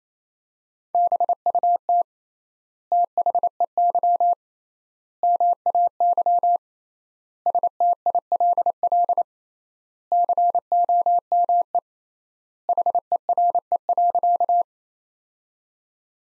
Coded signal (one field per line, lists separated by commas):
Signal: Morse code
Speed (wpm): 28 wpm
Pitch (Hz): 700 Hz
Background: none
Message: BUT THEY MAY STILL COME HERE.